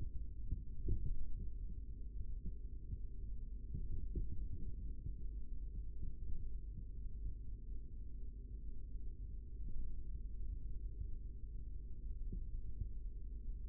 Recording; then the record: forearm muscle sounds (acoustic myography)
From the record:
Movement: rest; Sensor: system 3, bracelet of six PUI Audio POM-2738L microphones around the upper forearm, with dedicated amplification and filtering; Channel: 5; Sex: male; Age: 25 years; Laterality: right